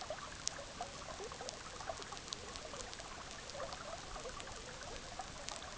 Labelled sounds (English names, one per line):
none